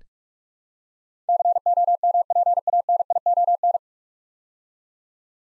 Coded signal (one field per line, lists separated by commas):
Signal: Morse code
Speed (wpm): 44 wpm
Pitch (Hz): 700 Hz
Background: none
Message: COMPANION